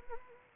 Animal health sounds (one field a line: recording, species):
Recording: mosquito wingbeat signal from an infrared sensor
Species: Anopheles arabiensis